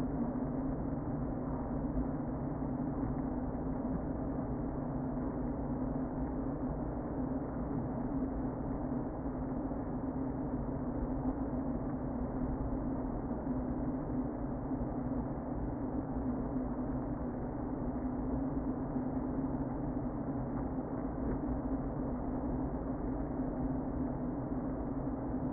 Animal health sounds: honeybee colony, microphone inside the hive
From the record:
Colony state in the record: queen present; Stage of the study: before two queens were removed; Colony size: about 60,000 bees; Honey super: yes

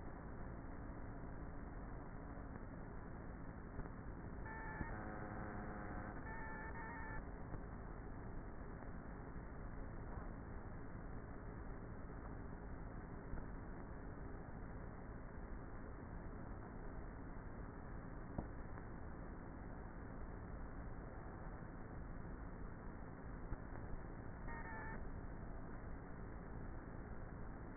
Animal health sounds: honeybee colony, microphone inside the hive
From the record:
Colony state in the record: queenless with a low population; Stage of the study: before two queens were removed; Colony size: about 30,000 bees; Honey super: no

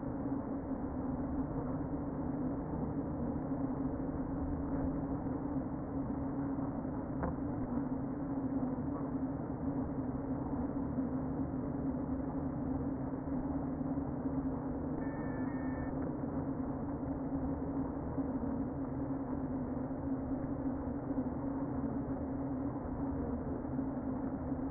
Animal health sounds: honeybee colony, microphone inside the hive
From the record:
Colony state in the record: queen present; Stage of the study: before two queens were removed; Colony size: about 60,000 bees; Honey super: yes

